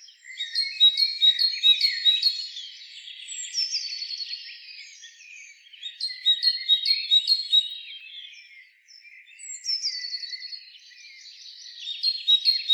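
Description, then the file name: Great tit two-note song phrases in three separate rapid bursts. "Parus major"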